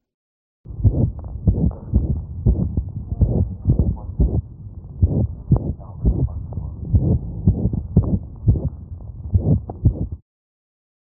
Crescendo-decrescendo murmur of moderate to severe pulmonic stenosis in a miniature schnauzer. This recording is from the pulmonic valve region, as heard through the diaphragm of the stethoscope. There is a marked sinus arrhythmia present.